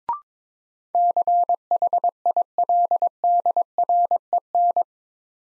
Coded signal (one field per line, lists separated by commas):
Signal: Morse code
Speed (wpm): 22 wpm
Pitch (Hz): 700 Hz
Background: none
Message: CHILDREN